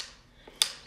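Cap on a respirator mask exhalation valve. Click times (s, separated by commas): 0.6 s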